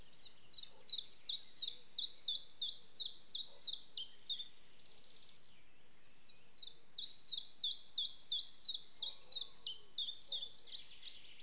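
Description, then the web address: Common chiffchaff giving rapid, high chirps in steady runs of about three per second, with a gap of roughly one second midway before the series starts again; faint background hiss. "loomad Linnud"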